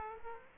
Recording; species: mosquito wingbeat signal from an infrared sensor; Aedes aegypti